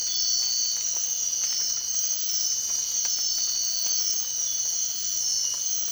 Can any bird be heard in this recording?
no